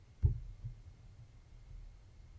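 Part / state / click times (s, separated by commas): pin tumbler in a lock cylinder / not seated / none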